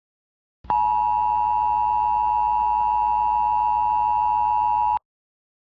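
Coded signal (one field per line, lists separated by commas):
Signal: Emergency Alert System (SAME) tones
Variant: 853 and 960 Hz attention tone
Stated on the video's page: Mock EAS alert, not a real broadcast.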